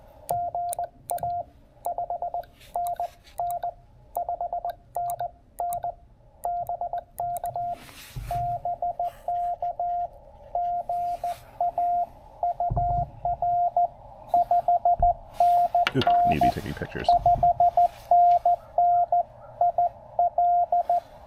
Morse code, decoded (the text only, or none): GA 5NN 5NN BK BK GA UR 5NN 5NN IL